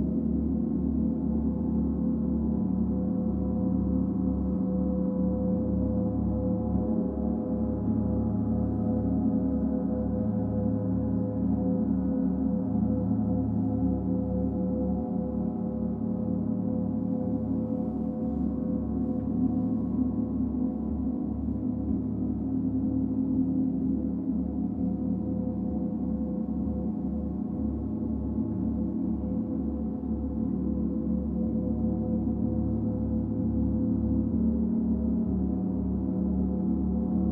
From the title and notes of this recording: Rosan Cruz is based in Manila. Her sessions were recorded in her apartment in Green Hills where she holds sessions. She usually plays planetary gongs which as I learned are gongs tuned to a specific frequency and have a more controlled sound. For this session, Rosan used a single Pluto gong for this recording.